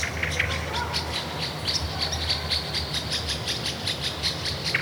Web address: son resonances oasiennes 29 tiznit 13 kasbah oiseaux